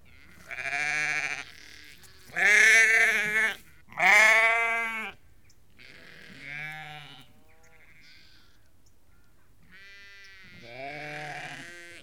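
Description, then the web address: Sheep bleating in a flock, three loud quavering bleats in quick succession, then several softer bleats. About 30 to 50 ewes and lambs calling together. "BBC Sound Effects Library (Livestock) About 30-50 Ewes and Lambs Calling"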